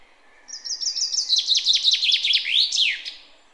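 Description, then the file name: Common chaffinch song: a high, quickening series of repeated notes descending in pitch through about two and a half seconds, closing with a sharp flourish. "Fringilla coelebs"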